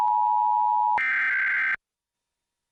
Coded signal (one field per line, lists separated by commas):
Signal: Emergency Alert System (SAME) tones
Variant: header bursts